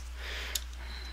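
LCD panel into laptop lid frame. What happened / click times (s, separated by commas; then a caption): The panel snapped into its side catch / 0.6 s. A replacement LCD panel for a Samsung 700Z3A laptop is pressed into the indents on the sides of the lid frame, which hold it in place. A sharp, brief pop at 0.6 s marks it seating over a steady low hum.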